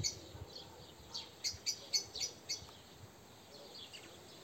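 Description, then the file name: Eurasian blackbird giving a short run of sharp, high clicking calls, about six notes in quick succession, then quiet background hiss. "Turdus merula"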